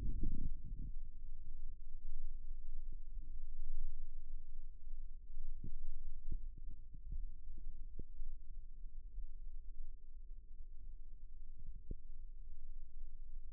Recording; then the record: forearm muscle sounds (acoustic myography)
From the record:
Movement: rest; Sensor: system 1, eight BSWA MPA416 microphones around the upper forearm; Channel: 8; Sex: male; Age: 42 years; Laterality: right